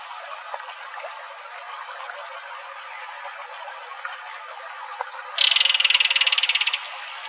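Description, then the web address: Belted kingfisher rattle heard after several quiet seconds of faint ticks and background hiss, a loud, fast clattering burst of over a second. Recorded in Arizona. "Kingfishers AZFO BEKI deviche"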